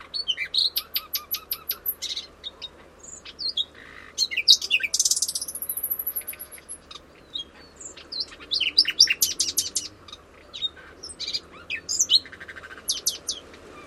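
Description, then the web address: Bird calls, many sharp high chirps and short trills in rapid bursts, with quieter gaps between bursts; a low steady hum runs underneath. "Bird Only"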